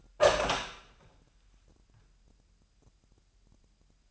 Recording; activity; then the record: daily activity, microphone in the room; open door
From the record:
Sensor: 2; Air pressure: 998.3 hPa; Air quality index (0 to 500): 136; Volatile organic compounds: 4 ppm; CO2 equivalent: 1541 ppm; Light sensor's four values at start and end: 12/36/14/14 and 12/36/14/14